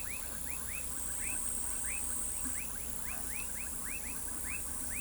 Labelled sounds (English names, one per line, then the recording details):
none
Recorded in pastures near Pivijay, Magdalena, Colombia, on 2 June 2023 at 19:00
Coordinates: 10.456, -74.369
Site P6-G026